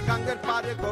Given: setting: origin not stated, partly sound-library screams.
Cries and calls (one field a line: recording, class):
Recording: one-second piece from a danger detection set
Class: normal situation